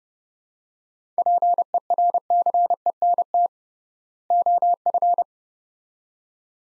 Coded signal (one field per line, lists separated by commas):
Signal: Morse code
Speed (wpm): 30 wpm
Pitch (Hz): 700 Hz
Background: none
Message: PERCENT OF